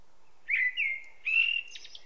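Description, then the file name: Common blackbird giving a short mellow fluted phrase, three whistled notes that end in a brief high twittering flourish, over a quiet background. "Turdus merula"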